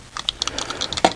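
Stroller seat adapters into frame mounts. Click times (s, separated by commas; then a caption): 0.3 s, 1.1 s. The left and right seat adapters are pushed onto the mounts of a Silver Cross Wave stroller frame. A string of small, bright plastic ticks and taps is heard, with sharp snaps at 0.3 s and 1.1 s, the last one the loudest. Each adapter clicks in and is seated on its mount.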